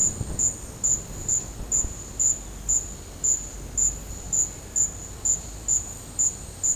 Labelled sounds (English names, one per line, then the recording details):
none
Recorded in dense forest near Puerto Asís, Putumayo, Colombia, on 26 December 2024 at 09:30
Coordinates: 0.468, -76.322
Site G071